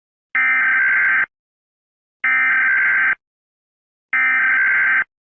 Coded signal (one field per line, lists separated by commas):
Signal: Emergency Alert System (SAME) tones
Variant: header bursts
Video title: Your phone is not safe EAS scenario #easscenario #eas ￼￼